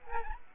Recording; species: mosquito wingbeat signal from an infrared sensor; Aedes aegypti